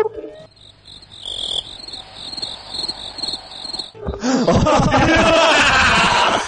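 High, steady cricket chirping pulses in a quick repeating rhythm for several seconds, then a loud burst of laughter and noisy voices abruptly takes over.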